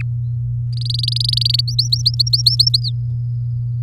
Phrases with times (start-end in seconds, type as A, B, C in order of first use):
0.73-1.61 A, 1.68-2.80 B, 2.82-2.92 C